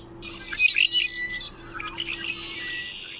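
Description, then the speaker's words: Red-winged Blackbird song: a few sharp, bright opening notes, then a harsh buzzy trill. Male from California, illustrating a regional song dialect; the song is learned and passed from one generation to the next. "For instance, here's the sound of a male redwing from California."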